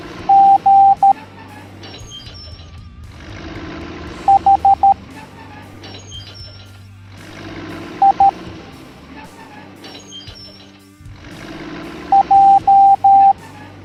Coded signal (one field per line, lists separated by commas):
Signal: Morse code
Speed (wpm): 13 wpm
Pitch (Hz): 790 Hz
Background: music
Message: G H I J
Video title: Monster Concrete Truck Teaching the Morse Code Alphabet Educational Video for Kids